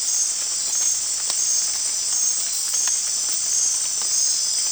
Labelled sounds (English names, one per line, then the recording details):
none
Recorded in dense forest near Puerto Asís, Putumayo, Colombia, on 13 March 2025 at 23:00
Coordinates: 0.499, -76.324
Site GP03